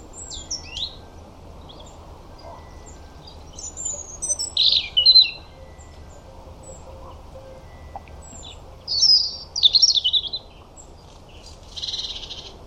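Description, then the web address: European robin song in scattered high phrases: a thin descending whistle and twittering bursts separated by quiet gaps, with soft background hiss. "Deverinetal 2025 File origin Bird Only Er Ru"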